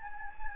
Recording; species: mosquito wingbeat signal from an infrared sensor; Anopheles gambiae